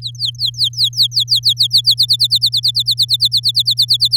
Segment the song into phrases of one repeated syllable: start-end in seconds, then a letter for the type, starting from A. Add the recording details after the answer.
0.02-1.94 A, 1.97-4.17 B. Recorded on 8 May 2018 at 12:54. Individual llb16